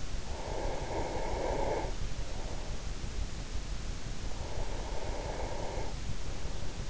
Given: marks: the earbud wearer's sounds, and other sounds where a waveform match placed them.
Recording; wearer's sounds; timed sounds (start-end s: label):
sounds in sleep by an in-ear microphone; breath
0.46-2.78 s: breath
4.48-6.90 s: breath